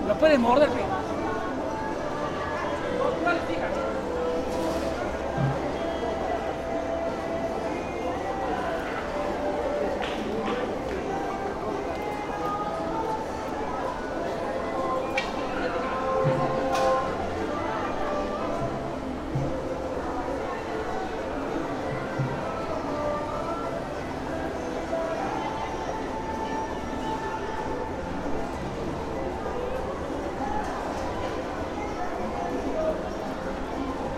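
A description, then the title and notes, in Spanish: Walking through the food section of a busy market, a dense, steady crowd of voices fills the space, with many conversations overlapping. Occasional clinks and sharp knocks of dishes and utensils cut through, around five, ten and seventeen seconds. Recorrido zona de comidas mercado San Pedro Cusco by Alejandro Cornejo Montibeller.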